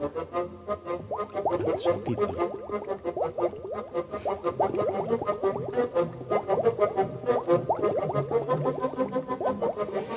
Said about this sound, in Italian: Sigla.